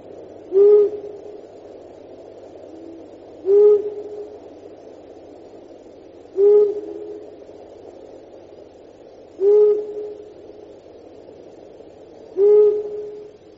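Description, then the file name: Long-eared owl giving single low, soft hoots, evenly repeated about every three seconds, five in all, against a quiet background. "gufo comune"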